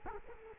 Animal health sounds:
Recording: mosquito wingbeat signal from an infrared sensor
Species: Culex quinquefasciatus

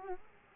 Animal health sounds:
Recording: mosquito wingbeat signal from an infrared sensor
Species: Aedes aegypti

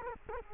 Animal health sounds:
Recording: mosquito wingbeat signal from an infrared sensor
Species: Culex quinquefasciatus

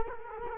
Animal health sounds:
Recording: mosquito wingbeat signal from an infrared sensor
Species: Culex quinquefasciatus

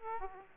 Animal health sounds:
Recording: mosquito wingbeat signal from an infrared sensor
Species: Aedes aegypti

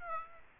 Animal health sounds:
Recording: mosquito wingbeat signal from an infrared sensor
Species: Aedes aegypti

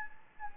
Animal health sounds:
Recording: mosquito wingbeat signal from an infrared sensor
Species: Anopheles gambiae

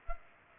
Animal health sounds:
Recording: mosquito wingbeat signal from an infrared sensor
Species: Culex pipiens

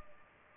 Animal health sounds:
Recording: mosquito wingbeat signal from an infrared sensor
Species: Culex pipiens

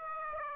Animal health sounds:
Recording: mosquito wingbeat signal from an infrared sensor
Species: Aedes aegypti

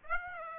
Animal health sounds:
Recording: mosquito wingbeat signal from an infrared sensor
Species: Aedes aegypti

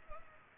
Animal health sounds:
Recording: mosquito wingbeat signal from an infrared sensor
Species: Culex pipiens

